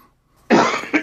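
A single abrupt cough from an adult, with a brief second burst, loud and noisy, heard after near silence; a small cough the person has today.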